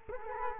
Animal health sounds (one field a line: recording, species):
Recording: mosquito wingbeat signal from an infrared sensor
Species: Culex quinquefasciatus